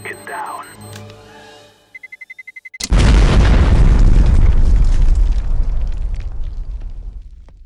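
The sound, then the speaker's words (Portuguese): A quick run of rapid high beeps gives way to a sudden, loud grenade explosion, its deep roaring rumble sustaining heavily for several seconds and only slowly thinning out. “A explosão é só maior, cara.”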